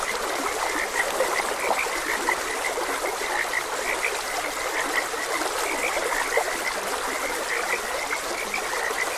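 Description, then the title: Frogs calling in a busy chorus, brief croaks pulsing throughout against a steady background of running water. Frogs croaking beside a gentle stream. "Gentle Stream and Frogs Croaking"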